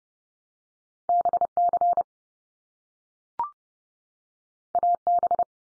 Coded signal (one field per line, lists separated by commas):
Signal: Morse code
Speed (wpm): 30 wpm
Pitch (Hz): 700 Hz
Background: none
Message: BC AB